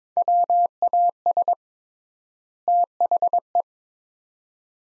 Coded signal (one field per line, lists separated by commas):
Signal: Morse code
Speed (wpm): 22 wpm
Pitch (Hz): 700 Hz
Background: none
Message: WAS THE